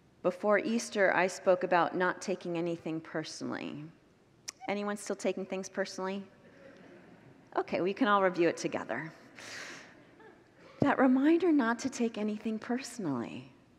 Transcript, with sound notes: Before Easter, I spoke about not taking anything personally. Anyone still taking things personally? [Congregants laugh] Okay, we can all review it together. That reminder not to take anything personally.